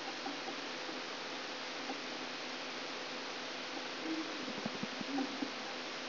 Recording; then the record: brain microelectrode recording played as sound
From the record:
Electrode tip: outside the subthalamic nucleus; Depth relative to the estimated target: -9 mm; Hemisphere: left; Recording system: AlphaMap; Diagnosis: Parkinson's disease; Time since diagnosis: 24 years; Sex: male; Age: 67 years